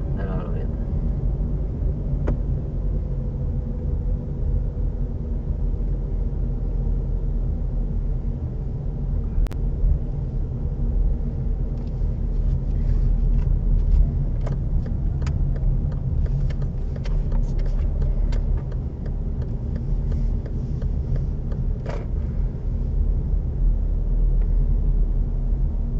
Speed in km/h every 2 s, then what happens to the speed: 25, 23, 22, 21, 20, 21, 20, 19, 18, 19, 20, 20, 19.
0-26 steady at about 20.